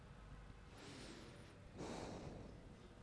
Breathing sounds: one breath in and out by a microphone near the nose and mouth; normal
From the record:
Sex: male

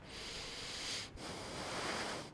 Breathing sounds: one breath in and out by a microphone near the nose and mouth; deep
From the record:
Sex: male

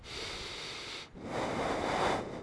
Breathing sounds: one breath in and out by a microphone near the nose and mouth; deep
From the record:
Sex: male

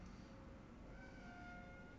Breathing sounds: one breath in and out by a microphone near the nose and mouth; normal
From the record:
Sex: male

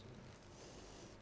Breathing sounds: one breath in and out by a microphone near the nose and mouth; normal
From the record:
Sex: female

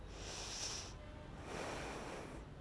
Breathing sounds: one breath in and out by a microphone near the nose and mouth; deep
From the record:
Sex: female

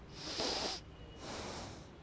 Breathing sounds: one breath in and out by a microphone near the nose and mouth; deep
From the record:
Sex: male

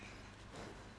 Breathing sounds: one breath in and out by a microphone near the nose and mouth; strong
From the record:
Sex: male

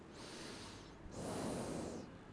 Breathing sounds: one breath in and out by a microphone near the nose and mouth; normal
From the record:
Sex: male

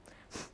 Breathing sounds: one breath in and out by a microphone near the nose and mouth; strong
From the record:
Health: marked as sick, illness not named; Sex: female

